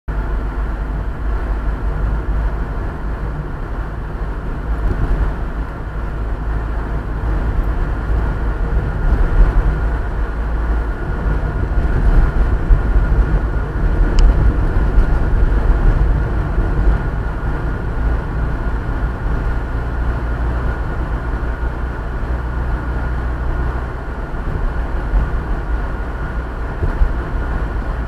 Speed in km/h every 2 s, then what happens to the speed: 40, 40, 42, 43, 42, 43, 44, 44, 45, 46, 46, 48, 48, 48.
0-28 steady at about 44.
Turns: none.